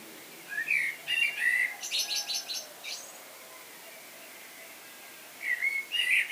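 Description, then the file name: Common blackbird singing a low mellow warble that breaks into thin, high chattering notes, then silence before a new fluty phrase begins near the end. "Turdus merula"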